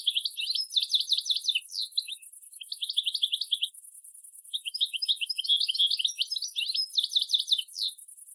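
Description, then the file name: European goldfinch twittering in rapid bursts of high, tinkling notes, pausing briefly around the middle, then resuming in a longer chattering run, over a steady high hiss. "Carduelis carduelis"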